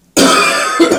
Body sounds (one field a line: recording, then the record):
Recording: coughing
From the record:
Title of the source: Residual Phlegmy Morning Coughing and Gagging